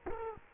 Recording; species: mosquito wingbeat signal from an infrared sensor; Culex quinquefasciatus